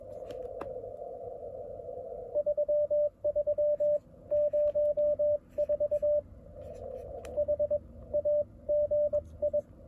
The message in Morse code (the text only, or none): 3304 HAGI